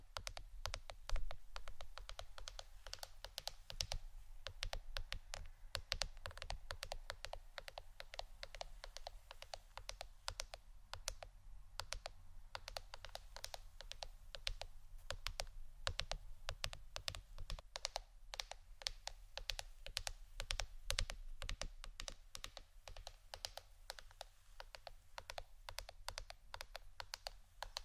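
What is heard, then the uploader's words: Rapid, dense tapping runs throughout, a constant patter of sharp clicks with no pauses, much like fast typing on a keyboard. The taps are crisp, with a steady low rumble underneath and a bright hiss around them. ASMR Pure Tapping （No Talking）.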